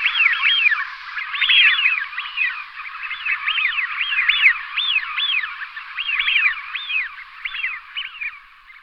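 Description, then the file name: Eurasian wigeon whistles, many clear rising-then-falling whistled notes, some overlapping, repeated throughout. "hvízdák-euroasijský"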